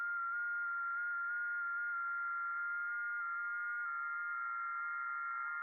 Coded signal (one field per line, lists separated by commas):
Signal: FT8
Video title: 2025-07-12 1800 [VOD] Music, Ham Radio VOX & FT8 - Offline Worldwide Comms from the Edge of the Net